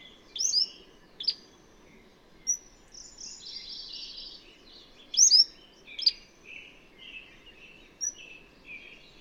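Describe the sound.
Bird song in short, spaced bursts: sharp high chirps, a buzzy trill and downslurred whistles, with quieter chattering between phrases against a steady hiss.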